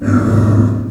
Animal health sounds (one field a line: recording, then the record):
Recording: squeal of a Yucatan mini pig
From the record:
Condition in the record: after surgery on the right vocal fold (resection and tissue-engineered implant)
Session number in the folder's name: 7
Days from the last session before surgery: 47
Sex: female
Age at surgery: 19 weeks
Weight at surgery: 25 kg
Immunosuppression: prednisolone